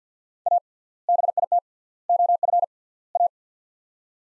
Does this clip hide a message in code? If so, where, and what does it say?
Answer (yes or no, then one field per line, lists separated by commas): yes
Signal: Morse code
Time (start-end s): 0.5-3.3 s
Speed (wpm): 50 wpm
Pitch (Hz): 700 Hz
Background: none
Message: A BIT OF A